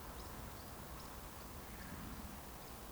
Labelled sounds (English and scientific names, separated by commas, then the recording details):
Eurasian Woodcock (Scolopax rusticola) whistle, Eurasian Woodcock (Scolopax rusticola) chase call
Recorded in Baden-Württemberg, Germany, on 15 June 2020 at 20:39 UTC
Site 14569, 102 m above sea level